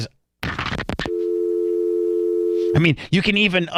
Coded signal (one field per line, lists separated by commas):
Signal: telephone call progress tone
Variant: North America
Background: speech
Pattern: dial tone